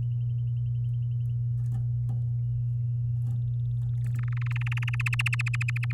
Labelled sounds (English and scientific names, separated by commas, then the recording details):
Domestic Canary (Serinus canaria) song
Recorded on 11 May 2018 at 05:43
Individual llb16